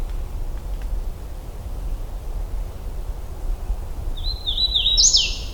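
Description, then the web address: Hooded warbler singing one bright phrase of stepped whistled notes rising to a strong, snapping final upslur near the end, with constant low background noise. Recorded in Michigan on 16 June 2009 at 08:34. "Michigan Bird Songs Wilsonia citrina"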